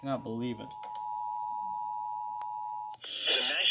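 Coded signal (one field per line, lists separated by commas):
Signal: Emergency Alert System (SAME) tones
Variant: 853 and 960 Hz attention tone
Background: speech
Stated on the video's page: NOAA Weather Radio severe thunderstorm alert captured from a live stream.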